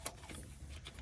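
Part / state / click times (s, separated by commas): electrical connector into AC compressor clutch socket / seated / 0.1 s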